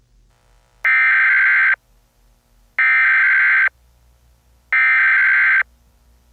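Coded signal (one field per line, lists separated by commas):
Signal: Emergency Alert System (SAME) tones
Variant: header bursts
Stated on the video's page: Fictional EAS scenario.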